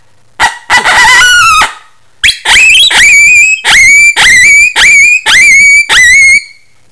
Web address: coyote protohowler